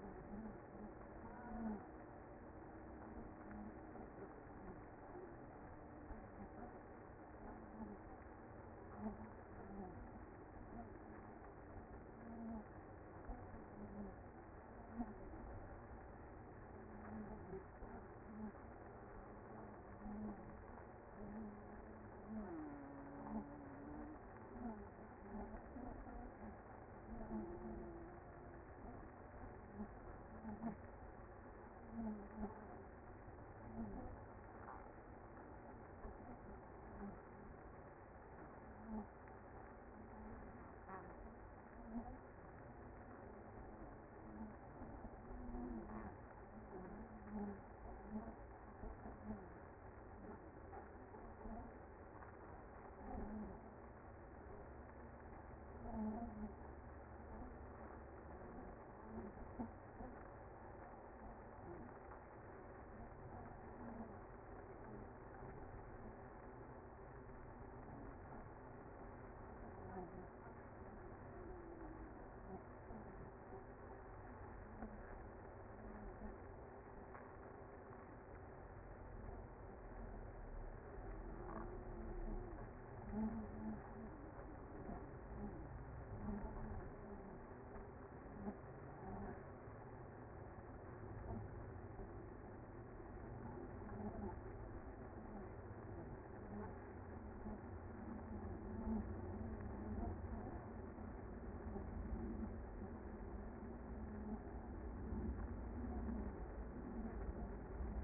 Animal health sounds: honeybee colony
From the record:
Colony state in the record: active

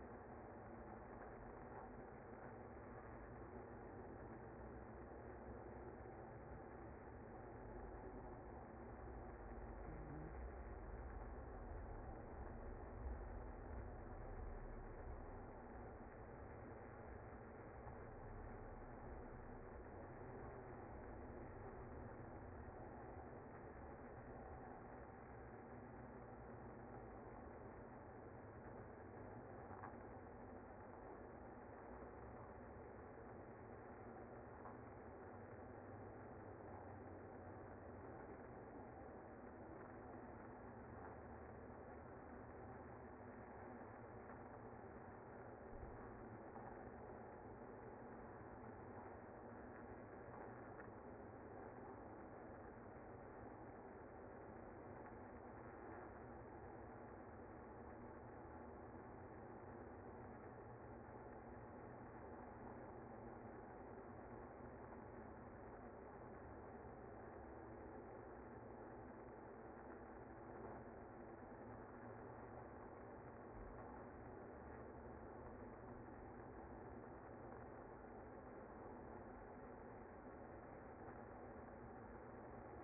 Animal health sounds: honeybee colony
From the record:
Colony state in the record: active

